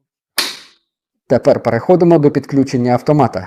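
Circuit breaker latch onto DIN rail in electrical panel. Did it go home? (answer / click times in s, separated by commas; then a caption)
yes / 0.4 s. A circuit breaker is seated on the DIN rail in an electrical panel: the plastic latch at the bottom of the breaker is pulled back, the breaker is placed on the rail, and the latch is pushed back until it clicks. One sharp click sounds at 0.4 s, then someone talks. The breaker latch clicks home and the breaker is seated.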